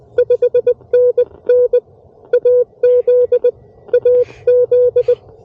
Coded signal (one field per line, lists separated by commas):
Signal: Morse code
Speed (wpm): 20 wpm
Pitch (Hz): 490 Hz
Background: none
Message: 5NN AZ AZ